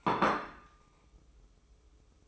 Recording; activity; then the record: daily activity, microphone in the room; place plate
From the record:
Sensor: 1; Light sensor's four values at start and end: 13/47/17/17 and 13/47/17/17